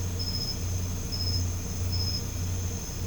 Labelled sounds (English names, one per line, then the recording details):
none
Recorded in pastures near Puerto Asís, Putumayo, Colombia, on 20 December 2024 at 23:00
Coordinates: 0.505, -76.324
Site G063